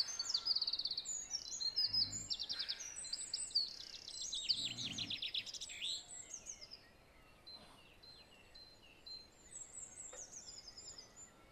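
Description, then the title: Song thrush singing bright, high phrases, each brief motif repeated several times in quick succession, fading after six seconds to scattered bird notes. Recorded at 06:00. "Zanglijster 06h"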